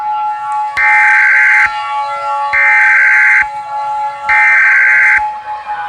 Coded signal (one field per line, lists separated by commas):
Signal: Emergency Alert System (SAME) tones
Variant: header bursts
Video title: Fire-Tor: An EAS Scenario - Inspired By ElectricFanatic's Meteor-X Scenario